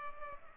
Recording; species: mosquito wingbeat signal from an infrared sensor; Culex pipiens